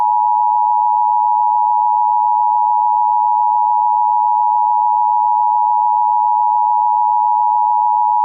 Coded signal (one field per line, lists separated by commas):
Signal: Emergency Alert System (SAME) tones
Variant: 853 and 960 Hz attention tone